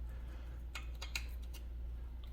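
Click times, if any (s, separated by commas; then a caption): none. A green plastic electrical connector is pushed onto a replacement alternator on a 2001–2007 Subaru Impreza WRX. A few short, bright plastic ticks and scrapes sound between about 0.7 and 1.6 seconds over a steady low hum, with a faint tick near 2.2 seconds. No click is heard and nothing has clicked, though the connector is confirmed to be in.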